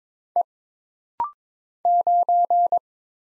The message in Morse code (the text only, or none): E 9